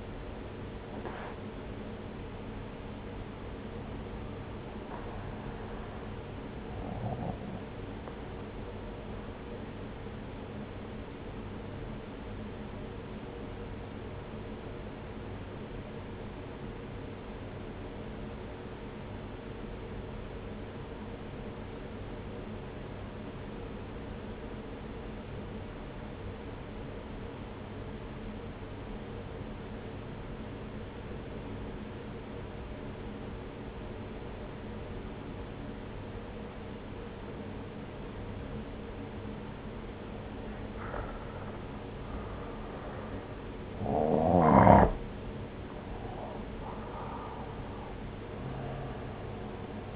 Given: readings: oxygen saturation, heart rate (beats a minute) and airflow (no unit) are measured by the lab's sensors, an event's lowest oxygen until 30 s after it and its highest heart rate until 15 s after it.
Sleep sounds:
breathing in sleep by a voice recorder at the bedside; 1
12.00-42.00 s: new sleep stage, N2 (light sleep)
16.00-42.30 s: obstructive apnea (N2, oxygen 96% highest, then 88% lowest)
42.00-49.96 s: new sleep stage, N1 (lightest sleep)
From the record:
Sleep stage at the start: N1 (lightest sleep); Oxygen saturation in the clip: 86 to 96%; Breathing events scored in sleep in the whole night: 303 in 8.1 hours asleep

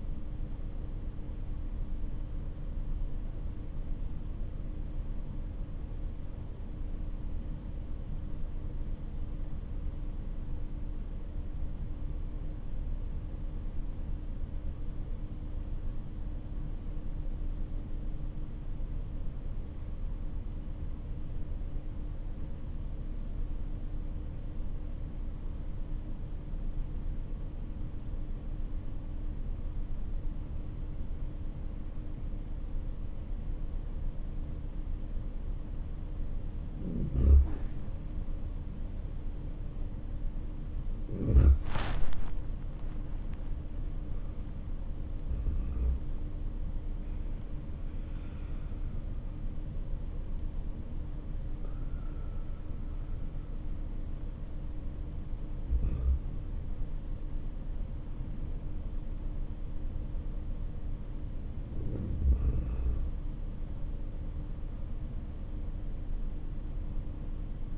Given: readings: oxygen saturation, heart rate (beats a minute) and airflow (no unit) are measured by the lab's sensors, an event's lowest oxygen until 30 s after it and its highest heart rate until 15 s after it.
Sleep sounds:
breathing in sleep by a smartphone at the bedside; 1
8.00-37.20 s: obstructive apnea (REM, oxygen 97% highest, then 87% lowest)
From the record:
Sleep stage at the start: REM sleep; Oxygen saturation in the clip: 86 to 97%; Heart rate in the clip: 54 to 66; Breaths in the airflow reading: 6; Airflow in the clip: -11.5 to 16.5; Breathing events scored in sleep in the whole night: 304 in 5.6 hours asleep

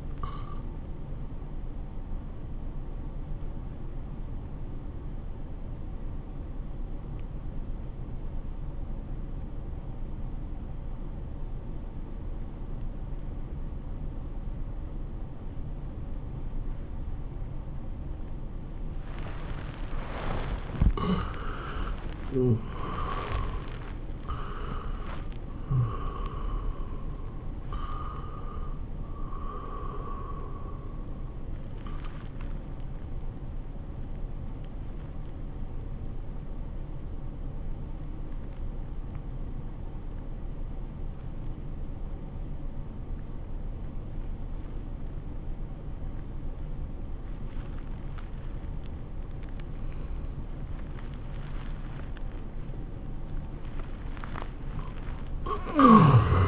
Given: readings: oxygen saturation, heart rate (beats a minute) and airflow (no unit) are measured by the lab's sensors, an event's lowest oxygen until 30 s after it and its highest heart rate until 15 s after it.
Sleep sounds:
breathing in sleep by a smartphone at the bedside; 2
4.00-22.30 s: obstructive apnea (N1, oxygen 96% highest, then 82% lowest, heart rate 84 at the start, 95 highest)
32.00-50.50 s: obstructive apnea (N1, oxygen 98% highest, then 79% lowest, heart rate 91 at the start, 94 highest)
From the record:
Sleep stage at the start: N1 (lightest sleep); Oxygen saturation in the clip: 82 to 98%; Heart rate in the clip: 81 to 95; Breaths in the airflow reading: 6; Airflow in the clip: -15.9 to 12.3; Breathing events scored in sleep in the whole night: 403 in 5.5 hours asleep

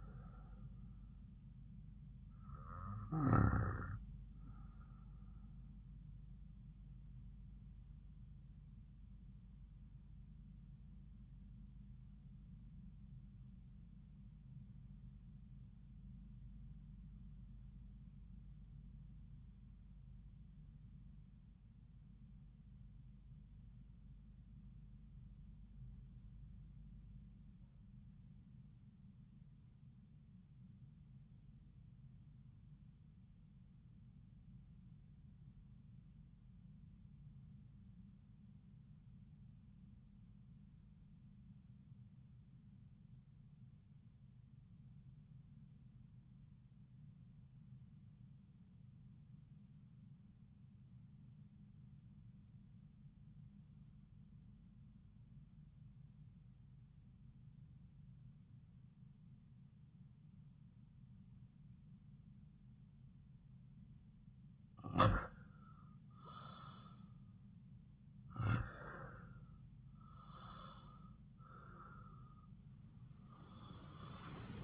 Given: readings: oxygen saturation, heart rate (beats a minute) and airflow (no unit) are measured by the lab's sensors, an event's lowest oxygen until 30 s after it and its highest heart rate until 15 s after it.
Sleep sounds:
breathing in sleep by a smartphone at the bedside; 1
12.00-65.90 s: obstructive apnea (REM, oxygen 96% highest, then 79% lowest)
From the record:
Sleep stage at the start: REM sleep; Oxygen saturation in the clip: 83 to 96%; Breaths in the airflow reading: 5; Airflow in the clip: -10.6 to 9.3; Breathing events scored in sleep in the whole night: 270 in 6.1 hours asleep

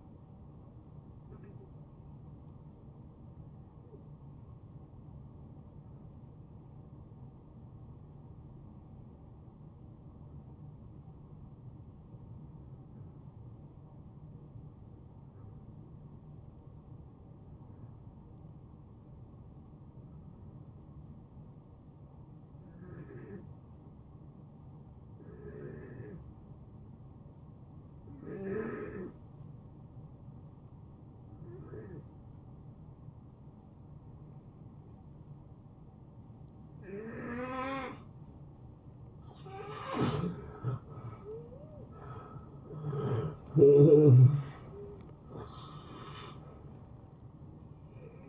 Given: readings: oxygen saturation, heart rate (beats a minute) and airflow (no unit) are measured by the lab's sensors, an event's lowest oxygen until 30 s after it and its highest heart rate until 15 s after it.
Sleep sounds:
breathing in sleep by a smartphone at the bedside; 1
3.00-39.90 s: hypopnea (N1, oxygen 90% highest, then 79% lowest, heart rate 78 at the start, 84 highest)
11.00-41.00 s: new sleep stage, N2 (light sleep)
41.00-48.29 s: new sleep stage, N1 (lightest sleep)
From the record:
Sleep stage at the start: N1 (lightest sleep); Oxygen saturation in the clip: 81 to 90%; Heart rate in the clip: 69 to 83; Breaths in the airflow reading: 10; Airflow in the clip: -17.6 to 9.6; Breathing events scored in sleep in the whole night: 263 in 5.5 hours asleep

